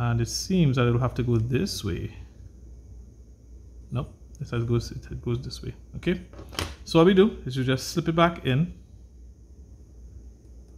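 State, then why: Not seated. An NVMe M.2 SSD is turned to find the right orientation and slipped back into the M.2 slot on a Lenovo Flex 5 4500U laptop motherboard while someone talks. Only speech and faint handling are heard, and the drive has not seated or clicked yet.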